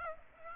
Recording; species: mosquito wingbeat signal from an infrared sensor; Aedes aegypti